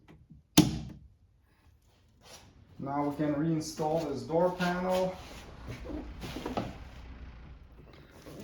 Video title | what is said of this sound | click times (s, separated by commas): 2007-2013 Toyota Tundra Front Door Speaker Removal, Testing & Installation Instructions | then you can plug the connector in until it clicks. | 0.6 s